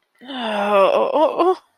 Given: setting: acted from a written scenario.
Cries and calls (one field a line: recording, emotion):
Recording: vocal sound without words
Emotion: shame